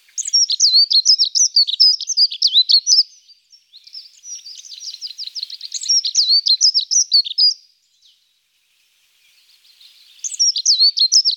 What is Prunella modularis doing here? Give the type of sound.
song